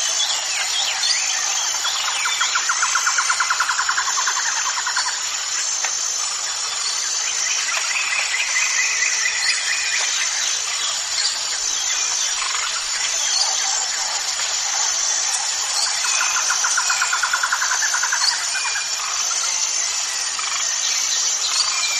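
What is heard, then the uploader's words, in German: Songs of several birds blend into a dense, steady chorus of high chirps and twitters that never pauses. Rapid trilling phrases rise out of the mix every few seconds, while a constant high hiss, like insects, runs underneath throughout. Harmonische Vogelsymphonie. Die einzigartigen Gesänge verschiedener Vogelarten verschmelzen zu einer beruhigenden Melodie.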